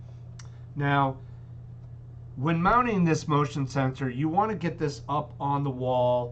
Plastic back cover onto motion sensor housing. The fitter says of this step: click it in, push down a little on the tab, and you'll hear it lock, snap into place.